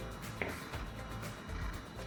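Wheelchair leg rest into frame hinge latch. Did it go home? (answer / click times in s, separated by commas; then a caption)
yes / 0.4 s. A wheelchair leg rest, its holes lined up on the frame pins, is swung to the front and latches into the frame hinge with a sharp click at 0.4 seconds, seating it in place. Music plays underneath throughout the clip.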